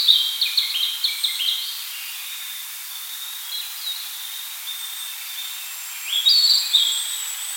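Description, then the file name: Narcissus flycatcher singing a quick phrase of high, staccato whistles, a long quiet stretch, then a second bright phrase. "Ficedula narcissina"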